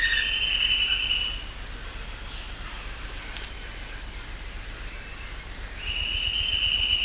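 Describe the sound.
Bird trill, a long steady buzzy trill at the start and another near the end, over a constant high-pitched insect drone.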